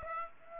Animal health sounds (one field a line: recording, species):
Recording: mosquito wingbeat signal from an infrared sensor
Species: Aedes aegypti